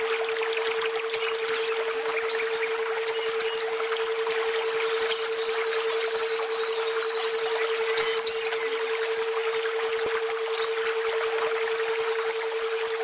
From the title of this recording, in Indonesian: Kombinasi suara alam dan burung betina